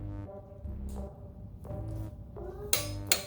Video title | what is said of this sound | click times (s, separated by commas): KAWZSAKI NINJA 400 2018 - 2023 CHAIN AND SPROCKET UP GRADE (VORTEX POWER!!) | you hear that click I mean stop jump to the other side with the same thing there | 2.7 s, 3.1 s